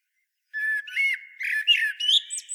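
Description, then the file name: Eurasian blackbird song: a low fluty note opens a short phrase that turns into tumbling warbles and ends in squeaky high twitters. "Turdus merula"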